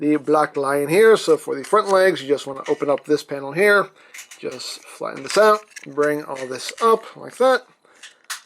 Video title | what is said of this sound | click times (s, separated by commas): Voltron '84 CLASSIC VOLTRON: Voltron Reviews N' Stuff | close that up snap into place | 8.3 s